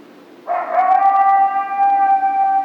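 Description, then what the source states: Coyote howl: a single sustained, steady tone with rich harmonics, starting abruptly and holding level for about two seconds. Recorded March 2, 2010.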